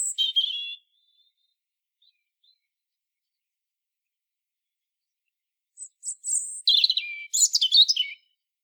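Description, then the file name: European robin singing: the end of one high warbled phrase, a long pause, then a new phrase of thin high notes and fluttering trills. "Erithacus rubecula"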